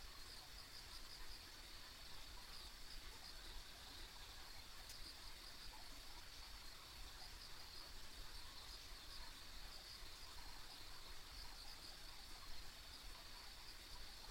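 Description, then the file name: Continuous insect chorus of high trills, with a single sharp click, over a low rumble. Ambient insect sounds recorded along a rural country road. "田舎道の虫の環境音"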